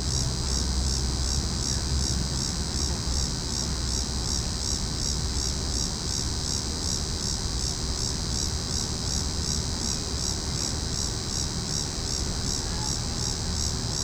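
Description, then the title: Cicadas hum in a dense, high-pitched buzz, throbbing about three times a second for the whole stretch, with low rumbling noise beneath. Several cicadas calling in a tree. "neoscenes: cicadas in tree"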